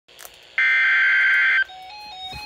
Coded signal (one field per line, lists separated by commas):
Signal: Emergency Alert System (SAME) tones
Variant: header bursts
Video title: Severe thunderstorm warning EAS#21